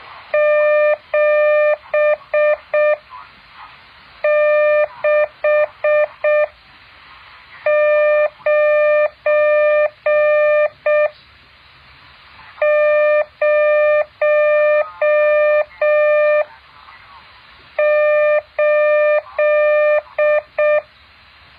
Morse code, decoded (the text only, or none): 76908